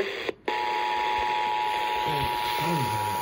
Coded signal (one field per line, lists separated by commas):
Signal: Emergency Alert System (SAME) tones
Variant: 853 and 960 Hz attention tone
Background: speech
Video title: TEXAS REQUIRED MONTHLY TEST (REAL EAS#4150-4152)